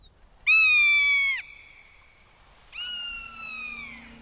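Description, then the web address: Rough-legged Hawk calls, a loud harsh scream held about a second and dropping at the end, then a second softer, falling scream. "episode rough-legged-hawk"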